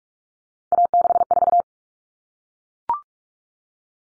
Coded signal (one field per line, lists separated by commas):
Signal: Morse code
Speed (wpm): 44 wpm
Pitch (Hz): 700 Hz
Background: none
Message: A64